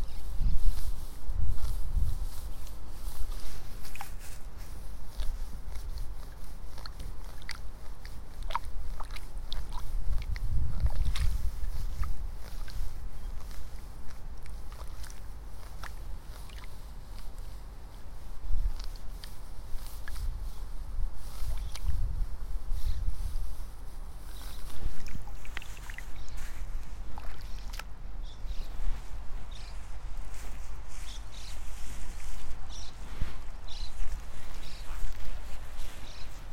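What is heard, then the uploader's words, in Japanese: Rice seedlings are pulled one by one from a flooded nursery bed. Irregular splashes, rustles and sloshing steps come and go over a steady low rumble, with heavier bursts of water movement around 11 seconds and again between 18 and 24 seconds. イネの苗取り。朝から水苗代に入って、一本一本苗を取っています。片手握りいっぱいになったら、ワラで束にします。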